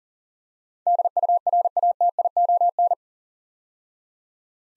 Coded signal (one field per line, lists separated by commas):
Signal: Morse code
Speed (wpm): 40 wpm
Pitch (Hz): 700 Hz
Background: none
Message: DURATION